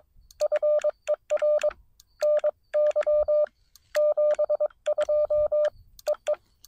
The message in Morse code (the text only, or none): FER NY 72 EE